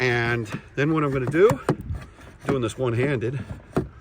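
Someone talks while handling an EV charging handle, a Tesla NACS handle with a CCS adapter attached, one-handed at the car's charge inlet, and a brief sharp handling sound comes near 3.8 s. Nothing has seated or clicked into the inlet yet.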